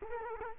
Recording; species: mosquito wingbeat signal from an infrared sensor; Culex quinquefasciatus